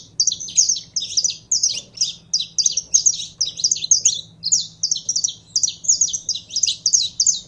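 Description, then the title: Belgian canary singing steadily, high clipped twittering notes packed into rapid repeated phrases, with a soft low background hum. Song of a pure Belgian canary. "Canto Do Canário Belga Puro"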